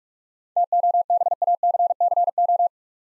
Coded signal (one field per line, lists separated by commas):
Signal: Morse code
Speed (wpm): 46 wpm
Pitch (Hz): 700 Hz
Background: none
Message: TOBACCO